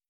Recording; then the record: hydrophone in a shrimp aquaculture tank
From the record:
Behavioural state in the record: starved